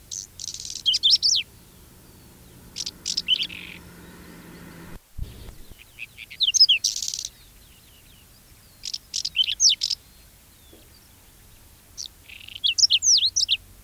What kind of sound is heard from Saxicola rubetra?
song